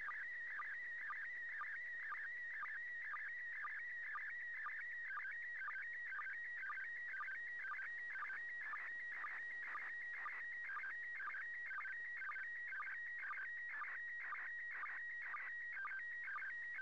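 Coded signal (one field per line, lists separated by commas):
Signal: SSTV (slow-scan television)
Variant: PD120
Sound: warbling tone shifting in pitch, with a short low blip about twice a second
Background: radio static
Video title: 31st First Pass.Slow Scan Television (SSTV) images transmitted from the International Space Station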